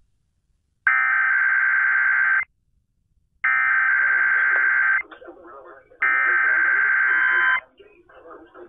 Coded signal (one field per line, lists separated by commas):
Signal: Emergency Alert System (SAME) tones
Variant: header bursts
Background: speech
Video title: EAS 3814-3816: KDKA-AM Random EAS Test + Relays